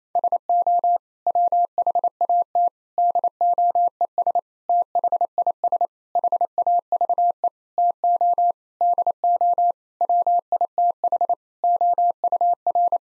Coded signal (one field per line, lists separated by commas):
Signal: Morse code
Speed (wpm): 28 wpm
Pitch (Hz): 700 Hz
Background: none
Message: SO WHAT DOES THIS HAVE TO DO WITH OUR